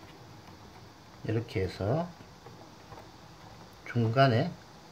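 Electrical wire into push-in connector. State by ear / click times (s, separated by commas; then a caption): not seated / none. An electrical wire is being handled for pushing into a push-in wire connector, but nothing has seated or clicked yet. Someone talks in two short bursts around 1.3–2.1 s and 3.9–4.5 s over a low, steady background hiss.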